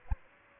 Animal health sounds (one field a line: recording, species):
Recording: mosquito wingbeat signal from an infrared sensor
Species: Aedes aegypti